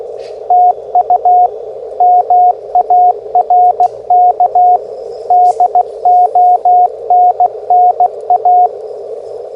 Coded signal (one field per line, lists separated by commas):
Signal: Morse code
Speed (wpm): 16 wpm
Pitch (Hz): 720 Hz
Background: radio noise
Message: TU MARK DONNA